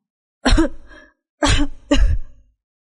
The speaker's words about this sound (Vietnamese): … ho lên mấy tiếng.